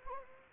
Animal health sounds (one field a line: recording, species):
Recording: mosquito wingbeat signal from an infrared sensor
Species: Anopheles gambiae